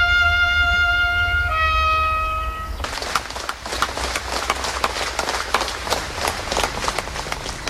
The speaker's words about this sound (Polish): Tak brzmiały ostatnie oklaski dla Zbigniewa Wodeckiego, którymi szacunek oddali mu jego fani. Tak jak wspomniałem, w uroczystości uczestniczyło kilka tysięcy osób.